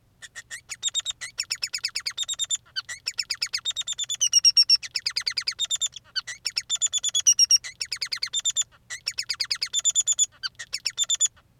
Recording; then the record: song of a male Bengalese finch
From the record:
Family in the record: son of father 3